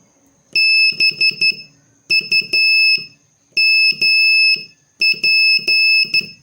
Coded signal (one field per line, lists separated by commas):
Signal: Morse code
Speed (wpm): 12 wpm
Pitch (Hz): 2600 Hz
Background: none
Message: BUMP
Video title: Morse Code Practice Session 8